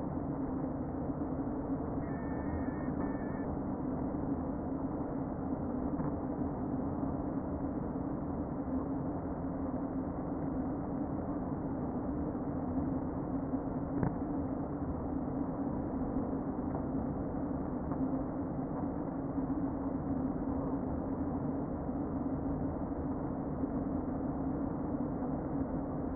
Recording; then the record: honeybee colony, microphone inside the hive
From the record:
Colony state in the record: queen present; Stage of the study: before two queens were removed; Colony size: about 60,000 bees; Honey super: yes